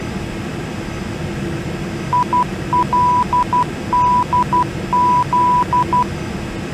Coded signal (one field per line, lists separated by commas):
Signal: Morse code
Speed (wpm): 12 wpm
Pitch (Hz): 990 Hz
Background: none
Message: ILDZ